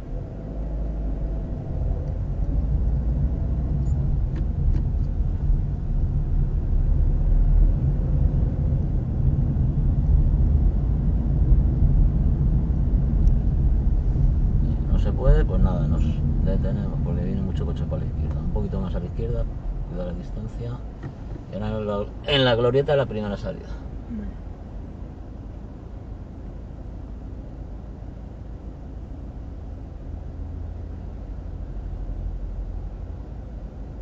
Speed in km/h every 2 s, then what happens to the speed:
4, 14, 16, 16, 25, 26, 27, 25, 23, 7, 1, 0, 0, 0, 0, 0, 0.
0-2 speeds up to 14. 6-8 speeds up to 25. 8-13 steady at about 26. 13-19 brakes to 1. 19-34 standing.